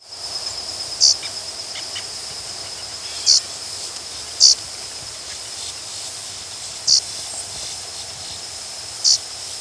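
Blue grosbeak calls: five sharp, metallic single notes spaced irregularly about one to two and a half seconds apart, over a steady high-pitched insect drone.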